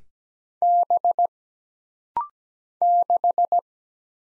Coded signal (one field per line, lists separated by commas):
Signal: Morse code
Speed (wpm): 17 wpm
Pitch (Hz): 700 Hz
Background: none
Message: B 6